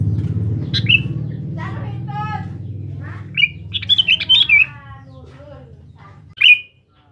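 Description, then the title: Sooty-headed bulbul giving short chirpy whistled phrases, a quick bubbly run in the middle and a final note, with a low rumble and some harsh sounds in the first half. "Kutilang"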